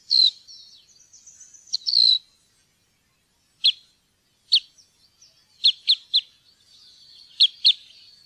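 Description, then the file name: Red crossbill calls: thin whistled and twittering notes at first, then short, hard chip notes given singly and in quick pairs or triplets after pauses. "grankorsnebb"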